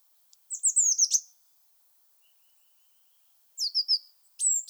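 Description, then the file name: Eurasian blue tit sings short phrases of high descending notes, a sweeping whistle dropping into a brief trill, repeated after a pause of about two seconds. "Cyanistes caeruleus"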